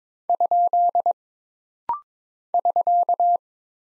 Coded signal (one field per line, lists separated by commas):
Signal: Morse code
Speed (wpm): 22 wpm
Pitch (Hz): 700 Hz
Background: none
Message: ? <SK>